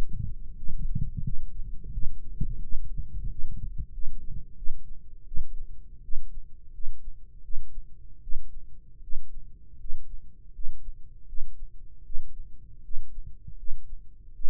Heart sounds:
heart sounds by microphone in the right ear; 83 bpm
0.54 s: heartbeat
1.22 s: heartbeat
1.91 s: heartbeat
2.60 s: heartbeat
3.28 s: heartbeat
3.91 s: heartbeat
4.55 s: heartbeat
5.24 s: heartbeat
6.01 s: heartbeat
6.71 s: heartbeat
7.41 s: heartbeat
8.20 s: heartbeat
9.00 s: heartbeat
9.77 s: heartbeat
10.52 s: heartbeat
11.25 s: heartbeat
12.03 s: heartbeat
12.81 s: heartbeat
13.55 s: heartbeat
14.32 s: heartbeat
From the record:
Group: healthy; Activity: rest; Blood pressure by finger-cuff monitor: 162/90 mmHg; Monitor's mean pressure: 114 mmHg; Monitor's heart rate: 80 bpm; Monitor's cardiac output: 7.1 L/min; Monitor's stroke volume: 89 mL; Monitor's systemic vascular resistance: 1190 dyn s/cm5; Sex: male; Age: 21 years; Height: 180 cm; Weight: 67.5 kg

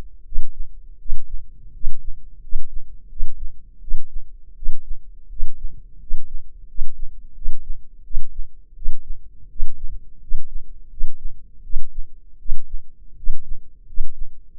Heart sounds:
heart sounds by microphone in the left ear; 84 bpm
0.23 s: heartbeat
0.97 s: heartbeat
1.72 s: heartbeat
2.40 s: heartbeat
3.08 s: heartbeat
3.79 s: heartbeat
4.54 s: heartbeat
5.28 s: heartbeat
5.98 s: heartbeat
6.66 s: heartbeat
7.33 s: heartbeat
8.02 s: heartbeat
8.74 s: heartbeat
9.48 s: heartbeat
10.19 s: heartbeat
10.88 s: heartbeat
11.62 s: heartbeat
12.37 s: heartbeat
13.15 s: heartbeat
13.85 s: heartbeat
14.53 s: heartbeat
From the record:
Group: healthy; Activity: rest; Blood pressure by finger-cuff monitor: 144/103 mmHg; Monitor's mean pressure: 115 mmHg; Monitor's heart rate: 83 bpm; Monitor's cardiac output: 7 L/min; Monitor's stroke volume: 84 mL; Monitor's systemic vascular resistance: 1220 dyn s/cm5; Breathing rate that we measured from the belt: 16 breaths a minute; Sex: male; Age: 23 years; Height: 179 cm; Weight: 87 kg

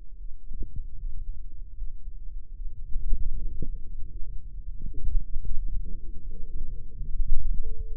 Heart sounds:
heart sounds by microphone in the right ear; 79 bpm
0.15 s: heartbeat
0.94 s: heartbeat
1.73 s: heartbeat
2.51 s: heartbeat
3.29 s: heartbeat
4.05 s: heartbeat
4.79 s: heartbeat
5.51 s: heartbeat
6.24 s: heartbeat
6.99 s: heartbeat
7.73 s: heartbeat
From the record:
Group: healthy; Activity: rest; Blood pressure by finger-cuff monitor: 98/56 mmHg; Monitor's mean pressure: 69 mmHg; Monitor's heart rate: 78 bpm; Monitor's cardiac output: 6.7 L/min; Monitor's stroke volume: 85 mL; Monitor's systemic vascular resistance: 740 dyn s/cm5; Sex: female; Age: 26 years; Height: 165 cm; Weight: 55 kg

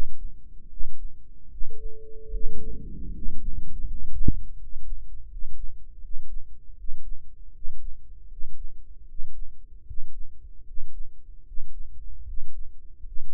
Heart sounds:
heart sounds by microphone in the right ear; 78 bpm
0.68 s: heartbeat
1.49 s: heartbeat
2.31 s: heartbeat
3.12 s: heartbeat
3.85 s: heartbeat
4.56 s: heartbeat
5.27 s: heartbeat
6.00 s: heartbeat
6.75 s: heartbeat
7.51 s: heartbeat
8.28 s: heartbeat
9.06 s: heartbeat
9.84 s: heartbeat
10.64 s: heartbeat
11.44 s: heartbeat
12.24 s: heartbeat
13.03 s: heartbeat
From the record:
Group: healthy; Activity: rest 0-3 s, breath hold 3-13 s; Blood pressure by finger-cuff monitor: 106/72 mmHg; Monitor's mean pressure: 78 mmHg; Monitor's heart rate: 77 bpm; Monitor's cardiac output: 6.4 L/min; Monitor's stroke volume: 80 mL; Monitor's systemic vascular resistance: 870 dyn s/cm5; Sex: male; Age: 35 years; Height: 180 cm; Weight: 86.9 kg

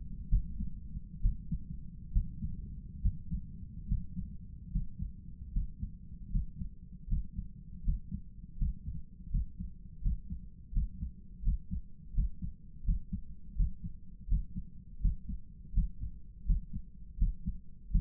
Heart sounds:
heart sounds by stethoscope; 78 bpm
0.29 s: heartbeat
1.21 s: heartbeat
2.12 s: heartbeat
3.01 s: heartbeat
3.87 s: heartbeat
4.70 s: heartbeat
5.51 s: heartbeat
6.29 s: heartbeat
7.06 s: heartbeat
7.82 s: heartbeat
8.56 s: heartbeat
9.29 s: heartbeat
10.00 s: heartbeat
10.71 s: heartbeat
11.42 s: heartbeat
12.13 s: heartbeat
12.83 s: heartbeat
13.55 s: heartbeat
14.27 s: heartbeat
15.00 s: heartbeat
15.72 s: heartbeat
16.45 s: heartbeat
17.17 s: heartbeat
17.90 s: heartbeat
From the record:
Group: healthy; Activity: Valsalva maneuver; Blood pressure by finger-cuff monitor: 89/70 mmHg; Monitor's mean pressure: 78 mmHg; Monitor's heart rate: 82 bpm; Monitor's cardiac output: 6.8 L/min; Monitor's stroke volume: 83 mL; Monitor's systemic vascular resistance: 830 dyn s/cm5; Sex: male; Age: 57 years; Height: 188 cm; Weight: 106 kg

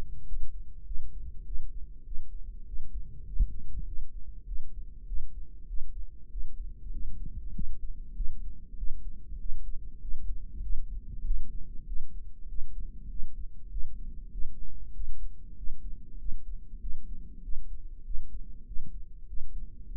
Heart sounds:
heart sounds by microphone in the right ear; 98 bpm
0.28 s: heartbeat
0.87 s: heartbeat
1.47 s: heartbeat
2.07 s: heartbeat
2.68 s: heartbeat
3.28 s: heartbeat
3.88 s: heartbeat
4.48 s: heartbeat
5.08 s: heartbeat
5.70 s: heartbeat
6.32 s: heartbeat
6.94 s: heartbeat
7.56 s: heartbeat
8.17 s: heartbeat
8.79 s: heartbeat
9.41 s: heartbeat
10.03 s: heartbeat
10.64 s: heartbeat
11.26 s: heartbeat
11.88 s: heartbeat
12.50 s: heartbeat
13.11 s: heartbeat
13.72 s: heartbeat
14.33 s: heartbeat
14.95 s: heartbeat
15.58 s: heartbeat
16.20 s: heartbeat
16.82 s: heartbeat
17.44 s: heartbeat
18.06 s: heartbeat
18.68 s: heartbeat
19.29 s: heartbeat
19.91 s: heartbeat
From the record:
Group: healthy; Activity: rest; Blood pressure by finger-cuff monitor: 152/73 mmHg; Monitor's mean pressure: 95 mmHg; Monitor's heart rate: 97 bpm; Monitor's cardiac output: 8.8 L/min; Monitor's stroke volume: 90 mL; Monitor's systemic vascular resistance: 790 dyn s/cm5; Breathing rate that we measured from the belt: 19 breaths a minute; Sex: male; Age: 21 years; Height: 175 cm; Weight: 72.6 kg

